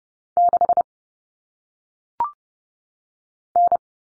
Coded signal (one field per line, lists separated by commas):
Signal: Morse code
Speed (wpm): 30 wpm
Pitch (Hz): 700 Hz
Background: none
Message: 6 N